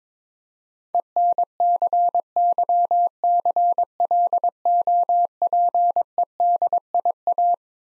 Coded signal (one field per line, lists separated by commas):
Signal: Morse code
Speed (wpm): 22 wpm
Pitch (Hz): 700 Hz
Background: none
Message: ENCYCLOPEDIA